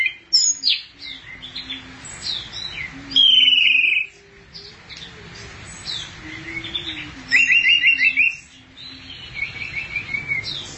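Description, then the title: Thrush singing a varied mix of high chirps, buzzy trills and whistled slurs in repeated bursts, over a soft low wavering tone. "burung anis x"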